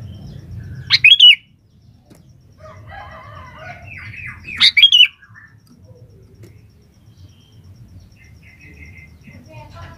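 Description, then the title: Sooty-headed bulbul song: two loud, bubbling bursts about four seconds apart, with soft chirps and warbles between them and a low rumble underneath. "Kutilang"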